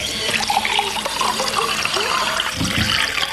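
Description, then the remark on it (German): Steady running water from a tap pours into a glass, a continuous bright splashing hiss with a gurgling, rising tone as it fills. “Ist ein Glas Wasser auch okay?”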